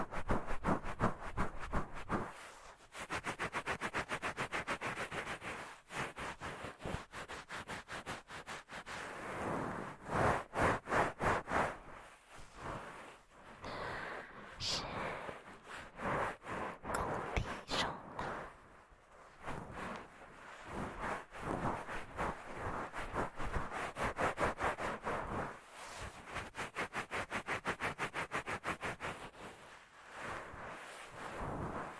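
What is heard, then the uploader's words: Gloved hands rub and squeeze very close against the ear in quick, rhythmic strokes, producing dense crinkling and scratchy friction. The rubbing comes in long bursts with brief pauses around 3, 6, 19 and 26 seconds, and loudness swells and dips throughout. ASMR×KU100 | 手套耳朵按摩 | Gloves Ear Massage.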